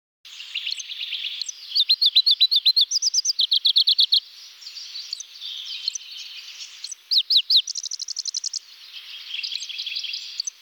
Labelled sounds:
Pallas's Leaf Warbler (Phylloscopus proregulus) song
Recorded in the wild
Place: Tormasu (Umgebung), RU
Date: 1994-06-03
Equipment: Dat-Recorder Casio DA 7, Telinga DAT, Telinga-Parabolspiegel
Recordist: Schwarz, Dieter
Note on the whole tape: Song

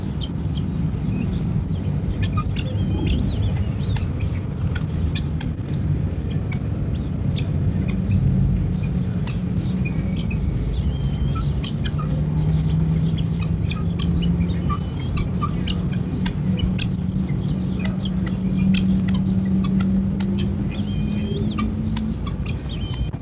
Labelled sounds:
Helmeted Guineafowl (Numida meleagris) call
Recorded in captivity
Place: Camargue, FR
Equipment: Halbspur, 9,5 cm/s
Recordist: Lütgens, Hans
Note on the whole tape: Hausperlhuhn (Zucht), Zoo und Hof in der Camargue

